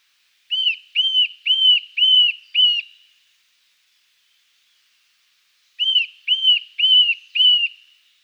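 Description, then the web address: Eurasian nuthatch song: a fast series of five clear, whistled, up-and-down notes, a pause of about three seconds, then four more alike notes. "Vogelphilipp. Kleiber Gesang Wiehe"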